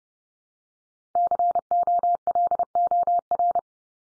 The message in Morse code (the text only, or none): COLOR